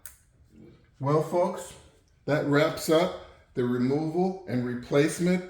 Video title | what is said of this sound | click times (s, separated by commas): 2014-2020 FORD FUSION 1.5L, Replace Spark Plugs & Inspect Coils | And then lock it down. | 0.1 s